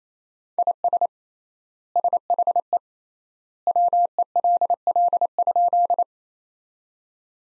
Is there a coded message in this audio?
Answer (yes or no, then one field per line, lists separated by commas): yes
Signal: Morse code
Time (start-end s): 0.6-6.0 s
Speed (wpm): 28 wpm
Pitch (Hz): 700 Hz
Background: none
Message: IS SHE WELL?